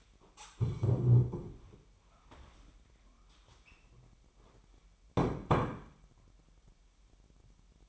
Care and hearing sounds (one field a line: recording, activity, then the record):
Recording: daily activity, microphone in the room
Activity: stand up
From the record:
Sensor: 1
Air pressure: 998.6 hPa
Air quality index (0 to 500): 122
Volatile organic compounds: 3 ppm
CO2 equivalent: 1452 ppm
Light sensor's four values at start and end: 11/26/11/13 and 10/24/10/12